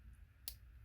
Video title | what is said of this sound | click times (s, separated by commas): A Solid Start - The Lead & Steel Promethean LP-1 - First Person RePew | nice little satisfying click from the lock on the QD lever I'm | 0.5 s